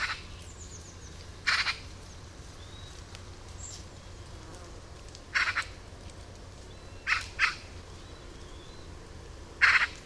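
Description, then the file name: Eurasian magpie uttering rough, scratchy calls, some paired, at irregular intervals, with faint thin whistles behind. "Pica pica"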